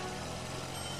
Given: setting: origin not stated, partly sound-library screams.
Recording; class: one-second piece from a danger detection set; normal situation